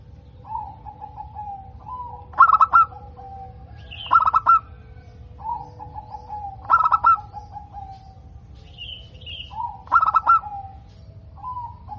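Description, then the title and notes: Zebra dove sings four rapid, bubbly coo bursts, with drawn-out whistles and high chirps between them over a low hum. Local (lokal) bird, described as singing actively (gacor) with a clear, ringing, loud voice (suara kristal lantang). "PERKUTUT LOKAL GACOR Suara KRISTAL LANTANG. Kicau Burung Perkutut"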